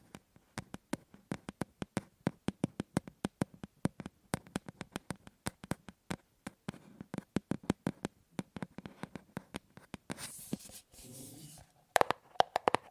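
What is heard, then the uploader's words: Sharp taps on objects land in a quick, fairly steady run for about ten seconds, sometimes doubling up or speeding into clusters. Near the end the tapping stops for a soft rustling, scraping stretch, then a few louder taps return. ASMR Fast & Slow Tapping on 6 Objects No Talking.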